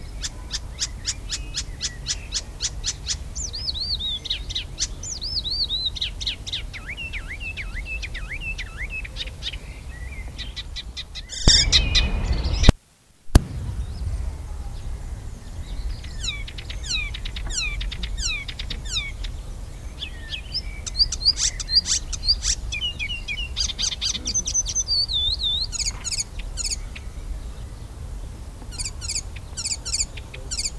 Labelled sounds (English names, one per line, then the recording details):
Icterine Warbler song
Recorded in the wild
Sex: male
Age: adult
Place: Erlangen, Bayern, DE
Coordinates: 49.6094, 11.0097
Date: 1960-06-05
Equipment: Maihak, Original, Vollspur
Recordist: Tretzel, Erwin